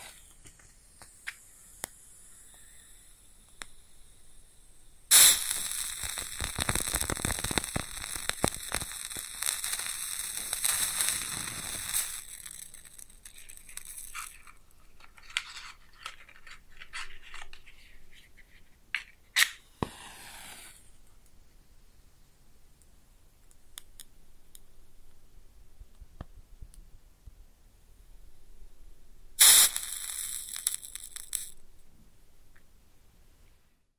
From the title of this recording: Close Up Matching LightingExtinguishing Fire Crackles & Sizzles